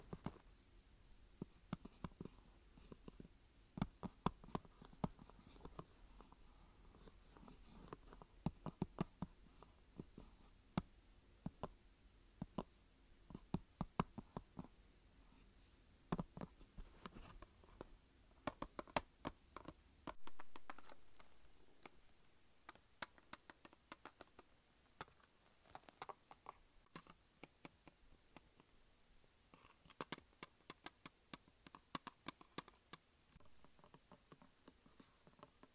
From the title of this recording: Tapping and Scratching Plastic Case